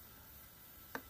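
A metal valve core is turned counterclockwise in the tire valve stem of a Xiaomi M365 Pro scooter tire until its thread drops into place. Over a quiet, steady background, a single small, sharp tick is heard at 0.9 s as the thread seats.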